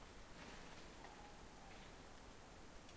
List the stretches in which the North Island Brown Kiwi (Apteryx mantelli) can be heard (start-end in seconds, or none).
none